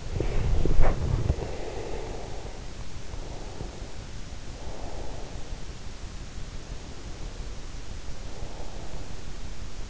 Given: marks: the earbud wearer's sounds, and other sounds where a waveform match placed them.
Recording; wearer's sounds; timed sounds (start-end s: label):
sounds in sleep by an in-ear microphone; breath
0.00-2.36 s: breath
3.05-5.56 s: breath